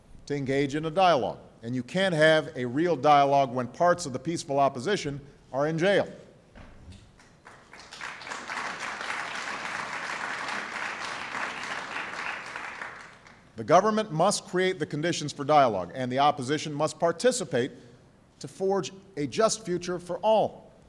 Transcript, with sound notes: to engage in a dialogue, and you have a real dialogue when parts of the peaceful opposition are in jail. (Applause.) The government must create the conditions for dialogue, and the opposition must participate to forge a just future for all